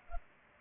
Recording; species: mosquito wingbeat signal from an infrared sensor; Culex pipiens